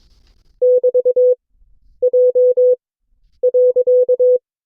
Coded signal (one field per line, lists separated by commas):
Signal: Morse code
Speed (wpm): 22 wpm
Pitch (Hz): 500 Hz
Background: none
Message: <BT>J.